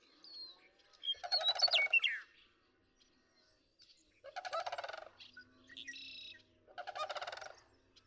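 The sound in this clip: Sandhill crane giving three rattling, rolling calls, the first mixed with sharp chirps, and a buzzy note from another bird between the later calls.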